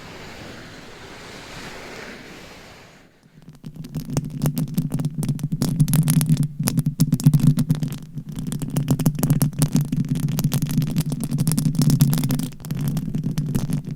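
Scratching and tapping sounds, opening with a soft steady hiss for about three seconds before a brief pause. From around four seconds on, dense, rapid scratching takes over with a low rumbling body and quick crisp clicks, continuing with small dips in loudness to the end.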